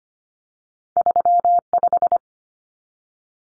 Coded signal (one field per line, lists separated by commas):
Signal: Morse code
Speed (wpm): 25 wpm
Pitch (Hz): 700 Hz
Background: none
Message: 35